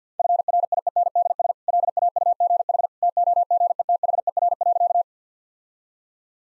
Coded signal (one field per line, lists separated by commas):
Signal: Morse code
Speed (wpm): 50 wpm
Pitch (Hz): 700 Hz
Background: none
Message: FRIENDS LAUGH TOGETHER.